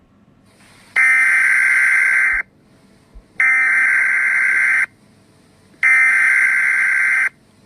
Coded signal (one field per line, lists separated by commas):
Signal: Emergency Alert System (SAME) tones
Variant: header bursts